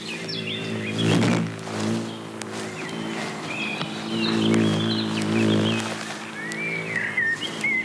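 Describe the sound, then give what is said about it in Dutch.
Many cockchafer beetles flying back and forth: a low, droning hum that swells and fades several times, while birds chirp and twitter faintly in the background. No one speaks. “Ja, ik had nog nooit een meikever gezien.”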